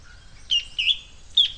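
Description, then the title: Bird chirping: three loud, sharp high chirps spaced apart, over a faint steady whistle. "LuckyPassaro Completos2Sama"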